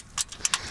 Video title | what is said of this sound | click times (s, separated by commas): 2020 Unity Island Bed | locks in place, | 0.5 s